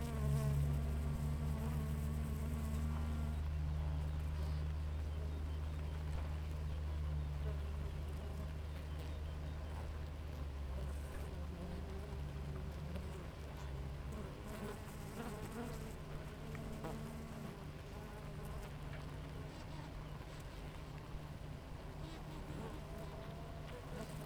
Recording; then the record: honeybee colony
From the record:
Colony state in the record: active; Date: 28 July 2017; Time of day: 6:14